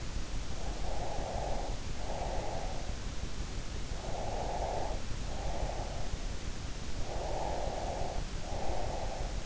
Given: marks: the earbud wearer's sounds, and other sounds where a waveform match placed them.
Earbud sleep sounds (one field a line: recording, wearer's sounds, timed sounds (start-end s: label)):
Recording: sounds in sleep by an in-ear microphone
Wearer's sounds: breath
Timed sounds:
0.57-3.06 s: breath
3.97-6.17 s: breath
7.01-9.46 s: breath